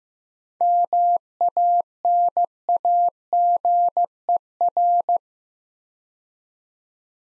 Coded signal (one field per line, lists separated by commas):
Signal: Morse code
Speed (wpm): 15 wpm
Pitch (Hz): 700 Hz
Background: none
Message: MANAGER